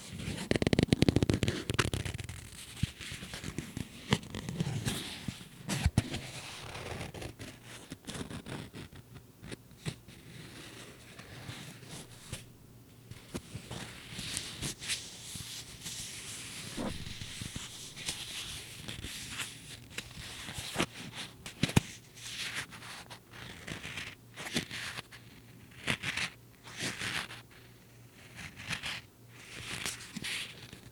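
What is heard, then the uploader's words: A business card being played with: quick papery flicks, scrapes and snaps come in irregular clusters throughout. A louder low thump and rustle open the first second, with bursts of busier handling near 5, 13, 22 and 27 seconds over a faint steady hum. ASMR Playing with a Business Card.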